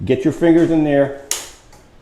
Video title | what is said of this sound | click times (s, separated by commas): Permobil M3 with Tilt, Recline & Electric Legs - Review #3786 | push the lever on you'll hear it click | 1.3 s